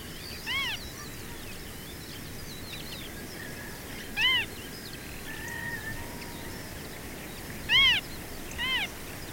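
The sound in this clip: Marsh harrier giving plaintive mewing notes, each rising then falling, four calls with a close pair at the end, amid busy twittering from other small birds.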